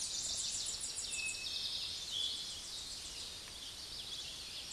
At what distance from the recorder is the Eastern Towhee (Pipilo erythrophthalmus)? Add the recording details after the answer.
about 35 m. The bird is about level with the microphone. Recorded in a Pennsylvania forest on 16 May 2024 at 06:15. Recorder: AudioMoth, point MSD-2391. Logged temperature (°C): 15.0 °C. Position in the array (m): 109 m, 7 m